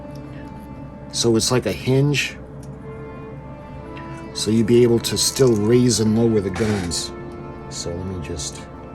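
A plastic gun barrel is being handled at the hinge slot under a turret on a Revell U.S.S. Arizona 1:426 scale model battleship, a hinge that lets the guns be raised and lowered. Someone talks over background music, with no distinct handling sounds. Nothing has snapped or seated yet.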